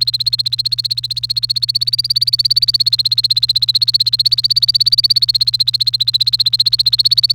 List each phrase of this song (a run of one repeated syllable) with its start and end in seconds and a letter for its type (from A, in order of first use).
0.00-7.34 A